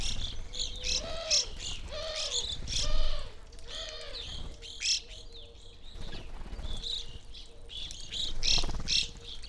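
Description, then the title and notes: Evening grosbeaks chirping in overlapping clusters, with low mellow notes repeating about once a second in the first half. Flock feeding on sunflower seeds from a feeder hanging in a backyard birch tree, relatively warm winter morning, McCloud, Siskiyou County, California; two microphones placed either side of the trunk. "McCloud in Siskiyou County, California. It was a relatively warm winter morning, and a flock of Evening Grosbeaks was busily eating a breakfast of sunflower seeds from a feeder hanging from the branch of a birch tree in my backyard."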